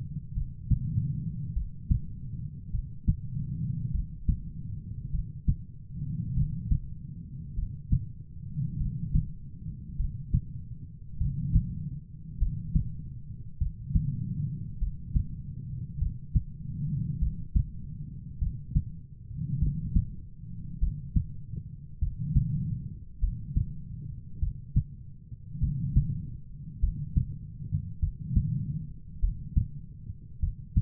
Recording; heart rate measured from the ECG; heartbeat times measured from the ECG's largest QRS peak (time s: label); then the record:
heart sounds by stethoscope; 50 bpm
0.33 s: heartbeat
1.52 s: heartbeat
2.70 s: heartbeat
3.90 s: heartbeat
5.10 s: heartbeat
6.33 s: heartbeat
7.54 s: heartbeat
8.77 s: heartbeat
9.95 s: heartbeat
11.17 s: heartbeat
12.37 s: heartbeat
13.57 s: heartbeat
14.77 s: heartbeat
15.97 s: heartbeat
17.18 s: heartbeat
18.38 s: heartbeat
19.58 s: heartbeat
20.78 s: heartbeat
21.98 s: heartbeat
23.18 s: heartbeat
24.38 s: heartbeat
25.58 s: heartbeat
26.79 s: heartbeat
27.98 s: heartbeat
29.19 s: heartbeat
30.39 s: heartbeat
From the record:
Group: heart failure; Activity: rest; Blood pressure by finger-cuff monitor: 67/35 mmHg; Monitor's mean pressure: 46 mmHg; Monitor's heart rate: 50 bpm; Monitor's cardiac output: 4.4 L/min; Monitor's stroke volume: 88 mL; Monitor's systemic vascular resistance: 720 dyn s/cm5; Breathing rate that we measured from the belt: 22 breaths a minute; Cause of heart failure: dilated cardiomyopathy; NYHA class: 3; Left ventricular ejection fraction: 27%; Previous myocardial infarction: absent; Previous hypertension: present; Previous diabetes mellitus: present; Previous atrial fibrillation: present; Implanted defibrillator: present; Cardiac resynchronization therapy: absent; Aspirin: present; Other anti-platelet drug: absent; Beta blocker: bisoprolol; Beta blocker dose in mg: 1.25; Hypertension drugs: sacubitril-valsartan, spironolactone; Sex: female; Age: 39 years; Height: 170 cm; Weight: 64 kg